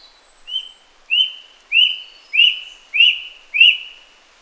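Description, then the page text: Rusty-breasted cuckoo calling: a run of six plaintive whistles at one high pitch, each opening with a short rising lilt and repeated at an even pace of about one every 0.6 seconds. "Rusty-Breasted Cuckoo Call. Quick Sounds"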